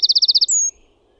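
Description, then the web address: Eurasian wren song fragment: a rapid run of seven high buzzy notes followed by a sustained very high whistled note. "OMAT AANITYKSET PEUKALOINEN"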